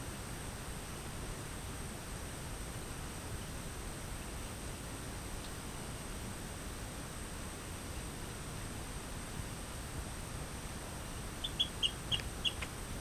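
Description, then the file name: Rio Grande chirping frog calling with several brief, sharp chirps in a fast series near the end, against constant background hiss. "Eleutherodactylus cystignathoides"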